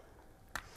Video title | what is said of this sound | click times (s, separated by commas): Car Cleaning with M Sport | and you'll have a little click. Yeah. That's unlocked, so we can remove it now. | 0.6 s